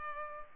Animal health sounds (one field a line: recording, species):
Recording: mosquito wingbeat signal from an infrared sensor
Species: Culex pipiens